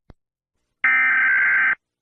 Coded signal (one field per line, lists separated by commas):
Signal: Emergency Alert System (SAME) tones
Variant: header bursts